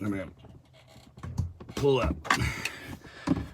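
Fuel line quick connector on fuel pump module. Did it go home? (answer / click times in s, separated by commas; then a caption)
released / 3.3 s. On a 2012 Dodge Challenger fuel pump module, the locking tab of the fuel line quick connector is pulled up once while someone talks. It clicks open and released at 3.3 s, and then the connector is popped off.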